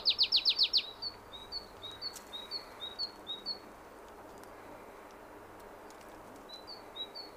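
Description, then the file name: Marsh tit calls: a fast burst of about six sharp notes, followed by a run of softer, evenly spaced high chips, then a pause and two more chips. "Poecile palustris"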